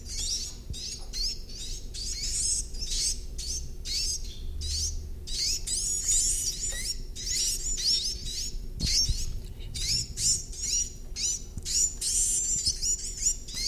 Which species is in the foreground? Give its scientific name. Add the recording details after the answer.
Phylloscopus ibericus. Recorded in captivity. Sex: group. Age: juvenile. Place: Zoologisches Institut Universität Tübingen, Baden-Württemberg, DE. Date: 1964-06-16 17:00. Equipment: Nagra III PH, dynamisches Mikrophon, LGS26. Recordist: Schneider, Hans-Joachim